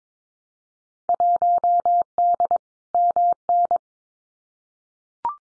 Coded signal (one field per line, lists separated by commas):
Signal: Morse code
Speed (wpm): 22 wpm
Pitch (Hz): 700 Hz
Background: none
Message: 1D MN